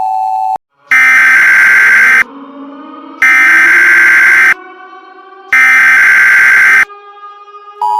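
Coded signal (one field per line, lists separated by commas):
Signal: Emergency Alert System (SAME) tones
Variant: header bursts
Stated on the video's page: Fictional EAS scenario, a remake of another, containing valid EAS tones.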